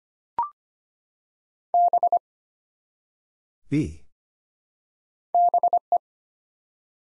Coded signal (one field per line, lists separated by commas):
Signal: Morse code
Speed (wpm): 25 wpm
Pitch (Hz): 700 Hz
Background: none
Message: B BE